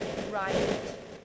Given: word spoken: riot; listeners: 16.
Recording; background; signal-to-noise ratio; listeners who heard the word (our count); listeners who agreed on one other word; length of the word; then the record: one English word in noise, from a listening test; noise modulated by three-talker babble; -5.3 dB; 0 of 16; 13 of 16; 0.85 s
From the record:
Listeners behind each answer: 13, 1, 1, 1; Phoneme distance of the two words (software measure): 7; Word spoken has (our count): 2 syllables, 4 phonemes, stress on syllable 1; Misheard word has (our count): 1 syllable, 3 phonemes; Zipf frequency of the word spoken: 3.94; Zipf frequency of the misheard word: 6.36